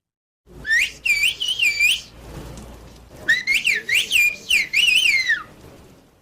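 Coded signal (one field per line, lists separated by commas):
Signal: whistled language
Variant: Turkish Kuş dili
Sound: two bursts of loud modulated whistling, sweeping up and down like speech melody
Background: faint background noise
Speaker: UNESCO, has identified the bird language as an endangered cultural heritage.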